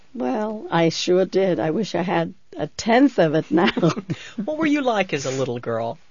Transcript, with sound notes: Well, I sure did. I wish I had a tenth of it now. ( she laughs )
What were you like as a little girl?